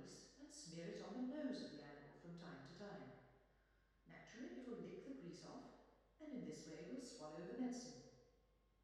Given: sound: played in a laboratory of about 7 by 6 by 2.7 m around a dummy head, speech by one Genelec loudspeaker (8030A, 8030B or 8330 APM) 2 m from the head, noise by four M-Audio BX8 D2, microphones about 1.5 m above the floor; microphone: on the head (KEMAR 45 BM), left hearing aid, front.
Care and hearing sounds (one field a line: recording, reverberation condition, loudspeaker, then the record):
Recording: female speech in English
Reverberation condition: high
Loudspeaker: 150 degrees to the right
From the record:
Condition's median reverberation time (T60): about 1300 ms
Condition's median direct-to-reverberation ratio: about -4.0 dB